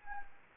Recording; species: mosquito wingbeat signal from an infrared sensor; Anopheles gambiae